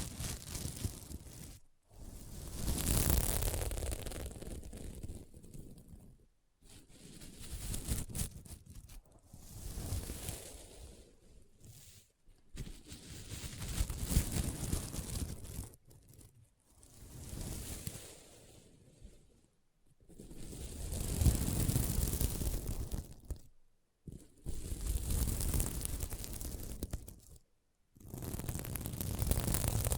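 Scratching on a sequin mermaid pillow comes in long strokes of dense, raspy rustling, each lasting a few seconds and swelling then fading. Short silent breaks separate the strokes, about every four to five seconds, with a hissy, bright top throughout.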